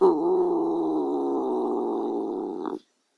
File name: cat